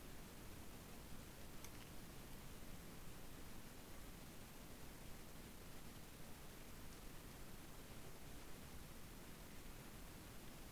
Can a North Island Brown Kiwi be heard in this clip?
no